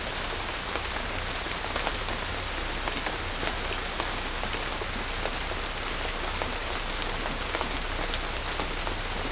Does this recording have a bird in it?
no